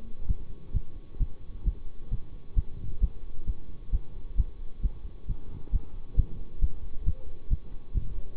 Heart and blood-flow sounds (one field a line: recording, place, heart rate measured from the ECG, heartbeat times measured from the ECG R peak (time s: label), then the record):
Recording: heart sounds by stethoscope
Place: between the tricuspid and mitral areas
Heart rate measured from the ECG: 133 bpm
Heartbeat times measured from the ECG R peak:
0.29 s: heartbeat
0.74 s: heartbeat
1.20 s: heartbeat
1.66 s: heartbeat
2.11 s: heartbeat
2.56 s: heartbeat
3.02 s: heartbeat
3.47 s: heartbeat
3.93 s: heartbeat
4.38 s: heartbeat
4.83 s: heartbeat
5.28 s: heartbeat
5.73 s: heartbeat
6.17 s: heartbeat
6.62 s: heartbeat
7.06 s: heartbeat
7.51 s: heartbeat
7.95 s: heartbeat
From the record:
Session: bicycle stress test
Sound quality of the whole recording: good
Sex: male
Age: 24 years